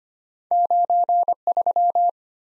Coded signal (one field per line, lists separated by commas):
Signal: Morse code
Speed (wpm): 25 wpm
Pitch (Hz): 700 Hz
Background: none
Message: 93